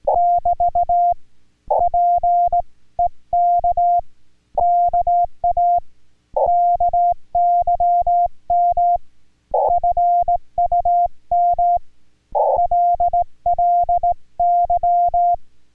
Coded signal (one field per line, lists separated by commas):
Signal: Morse code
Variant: Korean alphabet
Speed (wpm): 18 wpm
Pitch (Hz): 700 Hz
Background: music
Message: <BT> 장 오 엠 님 께